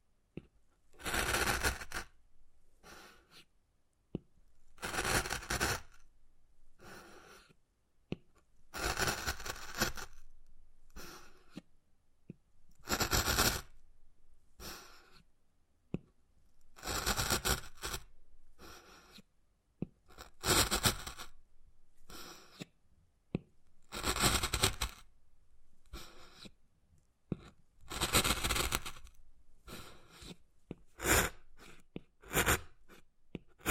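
Wood carving: rough, bright scraping strokes come in bursts roughly every three to four seconds, each lasting about a second and rising and fading. Between strokes there are quiet gaps with small ticks and light taps, and the pace quickens toward the end.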